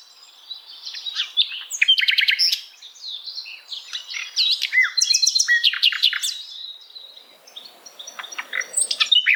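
Bird song: rapid jumbled warbling of chirps, clicks and slurred whistles, rising and falling in loudness throughout.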